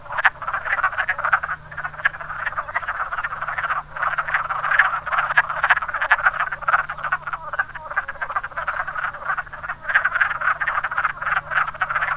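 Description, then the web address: Continuous wood frog chorus over twelve seconds, many raspy clucking croaks overlapping at a fast, irregular pace, with a low hum beneath. "zoology woodfrog"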